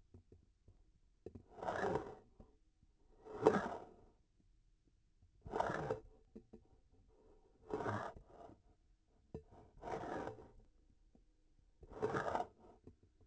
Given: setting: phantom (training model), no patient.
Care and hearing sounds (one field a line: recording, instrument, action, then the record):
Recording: laparoscopic instrument, vibration sensor on the handle end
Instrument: grasping forceps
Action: approaching and retracting movements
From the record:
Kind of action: spatial motion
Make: Olympus